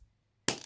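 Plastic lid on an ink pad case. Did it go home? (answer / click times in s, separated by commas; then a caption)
yes / 0.5 s. The plastic lid of an ink pad case is pressed closed again so the pad won't dry out. After a near-silent stretch, a sharp, bright snap lands at 0.5 s, followed by a short, rattly decay with small ticks near the end. The lid is fully snapped shut.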